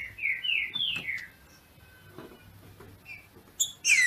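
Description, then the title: Green-winged saltator opening with a run of rich, descending whistled notes, a pause, then a loud sharp downslurred burst at the end. Female singing in male style to stimulate and excite the male. "FÊ MEA DE TRINCA FERRO MACHEANDO PARA ESQUENTAR O MACHO"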